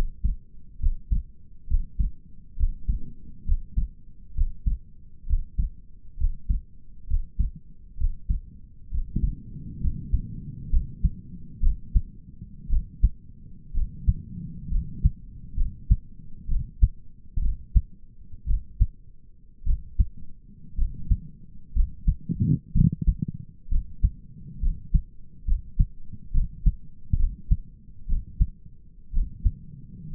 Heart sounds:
heart sounds by stethoscope; 63 bpm
0.80 s: heartbeat
1.68 s: heartbeat
2.57 s: heartbeat
3.46 s: heartbeat
4.35 s: heartbeat
5.27 s: heartbeat
6.18 s: heartbeat
7.08 s: heartbeat
7.98 s: heartbeat
8.92 s: heartbeat
9.82 s: heartbeat
10.72 s: heartbeat
11.63 s: heartbeat
12.70 s: heartbeat
13.75 s: heartbeat
14.71 s: heartbeat
15.57 s: heartbeat
16.49 s: heartbeat
17.43 s: heartbeat
18.48 s: heartbeat
19.67 s: heartbeat
20.78 s: heartbeat
21.75 s: heartbeat
22.75 s: heartbeat
23.71 s: heartbeat
24.62 s: heartbeat
25.47 s: heartbeat
26.34 s: heartbeat
27.19 s: heartbeat
28.09 s: heartbeat
29.14 s: heartbeat
30.13 s: heartbeat
From the record:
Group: healthy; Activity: breath hold 0-12 s, rest 12-30 s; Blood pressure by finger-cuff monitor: 114/68 mmHg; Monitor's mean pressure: 83 mmHg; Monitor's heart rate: 66 bpm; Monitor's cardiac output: 5.5 L/min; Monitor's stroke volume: 83 mL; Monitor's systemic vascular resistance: 1030 dyn s/cm5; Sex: male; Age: 22 years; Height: 181 cm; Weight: 79 kg

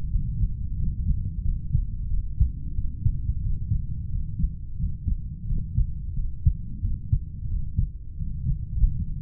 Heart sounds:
heart sounds by stethoscope; 90 bpm
0.09 s: heartbeat
0.76 s: heartbeat
1.41 s: heartbeat
2.07 s: heartbeat
2.74 s: heartbeat
3.41 s: heartbeat
4.09 s: heartbeat
4.77 s: heartbeat
5.46 s: heartbeat
6.13 s: heartbeat
6.80 s: heartbeat
7.48 s: heartbeat
8.16 s: heartbeat
8.77 s: heartbeat
From the record:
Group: heart failure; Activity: rest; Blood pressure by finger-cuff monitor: 81/47 mmHg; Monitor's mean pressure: 56 mmHg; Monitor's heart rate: 89 bpm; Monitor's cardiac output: 7.7 L/min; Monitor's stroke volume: 85 mL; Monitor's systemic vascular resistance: 500 dyn s/cm5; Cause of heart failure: idiopathic cardiomyopathy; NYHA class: 2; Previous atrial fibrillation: present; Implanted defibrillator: present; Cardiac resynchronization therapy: present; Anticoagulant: warfarin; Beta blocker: metoprolol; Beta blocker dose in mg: 50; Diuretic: furosemide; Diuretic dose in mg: 40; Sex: male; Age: 62 years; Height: 184 cm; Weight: 101 kg

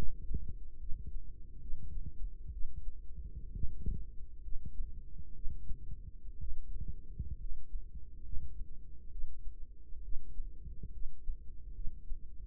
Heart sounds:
heart sounds by microphone in the right ear; 66 bpm
0.79 s: heartbeat
1.61 s: heartbeat
2.52 s: heartbeat
3.53 s: heartbeat
4.43 s: heartbeat
5.34 s: heartbeat
6.40 s: heartbeat
7.39 s: heartbeat
8.24 s: heartbeat
9.11 s: heartbeat
10.03 s: heartbeat
10.92 s: heartbeat
11.74 s: heartbeat
From the record:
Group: healthy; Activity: rest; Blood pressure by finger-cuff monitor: 114/68 mmHg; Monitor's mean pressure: 80 mmHg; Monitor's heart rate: 66 bpm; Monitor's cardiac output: 5.2 L/min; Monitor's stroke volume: 83 mL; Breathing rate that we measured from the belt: 17 breaths a minute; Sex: female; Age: 36 years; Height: 163 cm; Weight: 88 kg

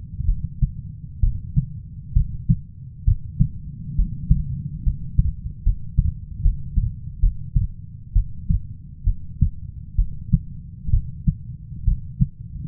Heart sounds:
heart sounds by stethoscope; 67 bpm
0.26 s: heartbeat
1.21 s: heartbeat
2.14 s: heartbeat
3.05 s: heartbeat
3.96 s: heartbeat
4.84 s: heartbeat
5.63 s: heartbeat
6.42 s: heartbeat
7.20 s: heartbeat
8.13 s: heartbeat
9.04 s: heartbeat
9.96 s: heartbeat
10.91 s: heartbeat
11.85 s: heartbeat
From the record:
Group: healthy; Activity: rest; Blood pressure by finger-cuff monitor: 140/69 mmHg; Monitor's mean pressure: 94 mmHg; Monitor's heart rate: 65 bpm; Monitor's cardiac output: 6.5 L/min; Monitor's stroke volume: 97 mL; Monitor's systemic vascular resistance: 1050 dyn s/cm5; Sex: female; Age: 37 years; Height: 168 cm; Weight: 70 kg

